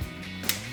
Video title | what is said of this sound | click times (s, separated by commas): 2015-2020 F-150 MMD GTC Steering Wheel Review & Install | There we go. When you start to hear those clicks, | 0.5 s